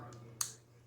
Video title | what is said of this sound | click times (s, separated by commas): Rock Your Ostomy: Fun & Fab Tips for Wafer, Pouch, and Belt Mastery | click, and you know it's secure. | 0.4 s